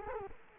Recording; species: mosquito wingbeat signal from an infrared sensor; Culex quinquefasciatus